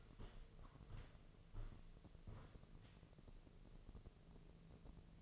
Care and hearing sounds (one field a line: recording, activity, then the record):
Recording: daily activity, microphone in the room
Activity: walk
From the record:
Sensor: 4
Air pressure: 1006.3 hPa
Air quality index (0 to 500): 84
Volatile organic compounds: 2 ppm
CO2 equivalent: 1038 ppm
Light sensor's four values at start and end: 12/27/10/10 and 12/27/10/10